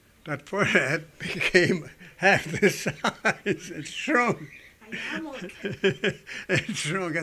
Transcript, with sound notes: that fur hat became half the size. ( he laughs ) It's true. It's true.